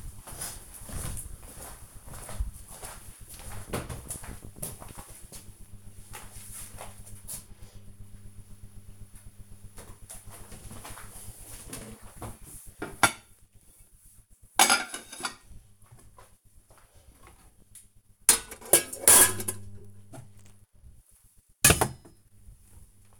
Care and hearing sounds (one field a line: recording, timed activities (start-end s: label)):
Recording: household activities, microphone on the right wrist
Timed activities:
9.35-23.19 s: putting away the dishes